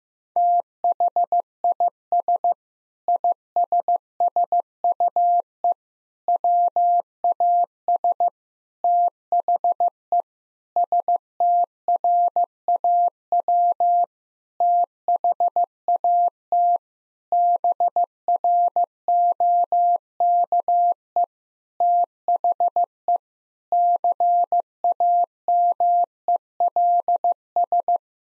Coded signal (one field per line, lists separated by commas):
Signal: Morse code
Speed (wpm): 15 wpm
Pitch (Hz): 700 Hz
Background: none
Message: THIS ISSUE WAS THE STRAW THAT BROKE THE CAMELS